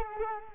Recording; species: mosquito wingbeat signal from an infrared sensor; Culex quinquefasciatus